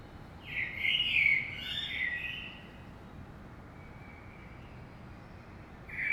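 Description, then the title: Common blackbird song: a loud, full warbled phrase with quick tumbling notes and a scratchy ending, a quiet pause, then the next phrase starts. Saint-Gilles, Belgium; early morning; recorded with DPA 2006c microphones in AB stereo into a Zoom F3. "Saint-Gilles, Belgique - Blackbird - Merle"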